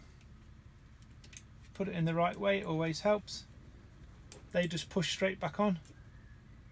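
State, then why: Not seated. A plastic locking wedge is being handled at a multi-pin connector housing after being turned the right way round, ready to be pushed straight back on. Someone talks, with a few faint taps and small handling sounds between phrases. Nothing has seated or clicked yet.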